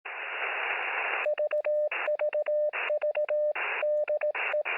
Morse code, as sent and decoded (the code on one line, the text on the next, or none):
...- ...- ...- / -.. .
VVV DE